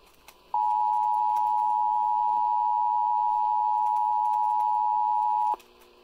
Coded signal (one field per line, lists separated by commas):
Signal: Emergency Alert System (SAME) tones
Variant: 853 and 960 Hz attention tone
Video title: EAS 938 OK RWT